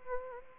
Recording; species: mosquito wingbeat signal from an infrared sensor; Anopheles gambiae